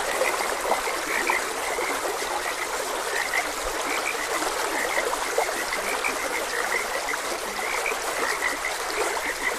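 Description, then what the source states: Frog chorus with scattered bright croaks throughout, blended with the constant sound of flowing water. Frogs croaking beside a gentle stream.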